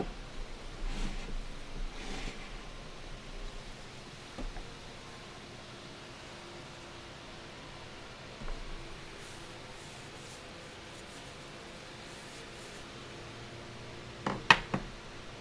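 Candle dressing with soft shuffling and handling sounds over a steady low hiss. Brief rustles and taps come around the first two seconds, near four and a half and eight seconds, then a sharper, louder click or cut near the end.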